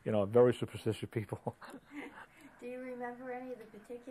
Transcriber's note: chuckles